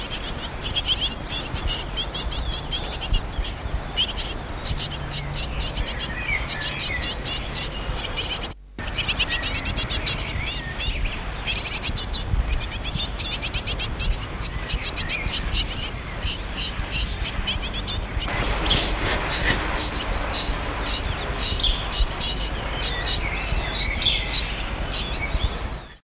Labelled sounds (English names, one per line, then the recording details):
Great Tit call
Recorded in the wild
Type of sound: call
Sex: diverse
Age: immature
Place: Hannover, Niedersachsen, DE
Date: 1979-06-26
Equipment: Halbspur, 9,5 cm/s
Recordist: Lütgens, Hans
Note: Nestjunge, Rufe